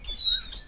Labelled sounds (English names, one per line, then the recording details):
Stitchbird song
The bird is a male
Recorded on Tiritiri Matangi Island, New Zealand, in 2005
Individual 8, of nest box 10